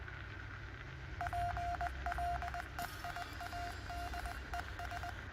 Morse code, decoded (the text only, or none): PLEIADES